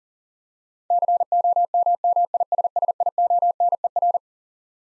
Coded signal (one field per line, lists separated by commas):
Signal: Morse code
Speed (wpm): 37 wpm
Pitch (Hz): 700 Hz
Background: none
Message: COMMISSIONER